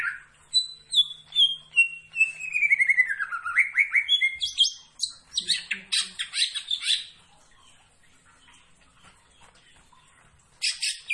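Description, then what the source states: Greater green leafbird song: a long descending series of whistled notes into buzzy chatter, silence for several seconds, then a final short burst. Singing actively, described with the Indonesian term gacor.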